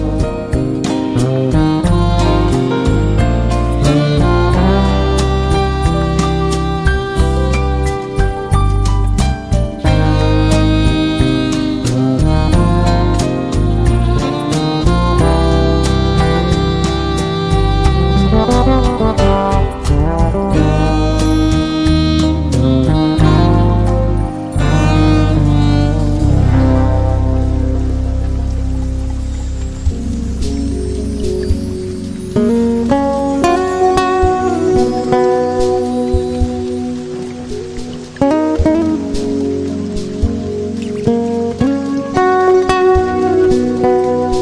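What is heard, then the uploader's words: Smooth jazz with warm bass and steady drums carries the first half, then thins to sparser, gentler chords after about twenty-five seconds. Smooth Jazz & Rain.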